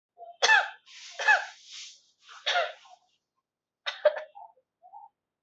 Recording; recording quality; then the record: shallow voluntary cough; moderate, slight background noise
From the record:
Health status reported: healthy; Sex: female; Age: 25 years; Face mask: not worn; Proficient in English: yes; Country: India